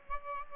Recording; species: mosquito wingbeat signal from an infrared sensor; Aedes albopictus